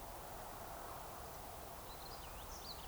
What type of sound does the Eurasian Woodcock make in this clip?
whistle